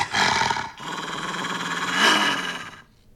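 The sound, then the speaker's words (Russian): A dog growls in a rough, sustained snarl, breaking briefly before a second long, harsh growl that swells louder, then fades. No voices accompany it. “Откуда взялась собака?”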